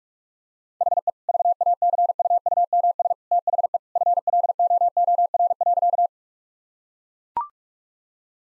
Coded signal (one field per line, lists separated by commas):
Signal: Morse code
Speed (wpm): 41 wpm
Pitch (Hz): 700 Hz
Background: none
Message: HE VACUUMS THE FLOOR.